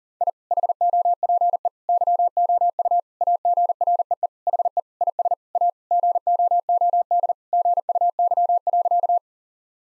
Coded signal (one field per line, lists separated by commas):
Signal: Morse code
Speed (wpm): 37 wpm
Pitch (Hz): 700 Hz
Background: none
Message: I HOPE YOU AGREE HE IS A GOOD GUY.